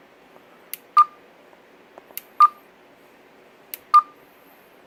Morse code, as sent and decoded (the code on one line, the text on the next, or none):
none